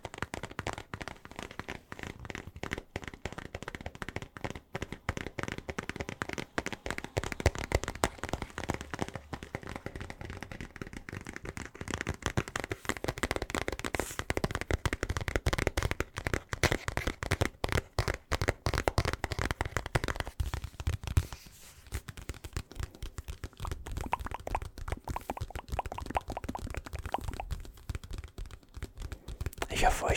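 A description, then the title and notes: Rapid tapping clicks come in a dense, uneven stream for the full thirty seconds, with a brief pause around twenty-one seconds. TAPPING TRIGGER.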